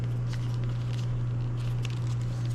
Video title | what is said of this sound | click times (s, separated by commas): Nitecore NU45 (1700 lumen) Review | just line it up and then just push it and it's got a nice audible snap | 1.9 s